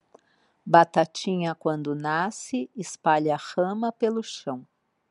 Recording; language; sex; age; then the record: short text; Brazilian Portuguese; male; 50 to 59 years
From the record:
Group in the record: control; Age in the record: 53 years